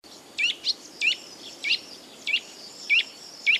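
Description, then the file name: Eurasian nuthatch giving a series of short, rising notes at slightly irregular intervals over steady background noise. "Sitta europaea"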